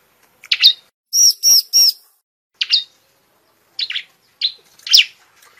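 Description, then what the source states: Prinia song: single sharp chirps and short chirp groups, with three thin, very high squeaky notes near the start. Song style named "semi".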